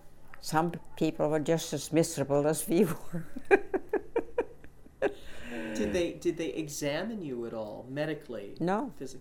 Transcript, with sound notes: Some people were just as miserable as we were. (she laughs)
Did they, did they examine you at all, medically, physically?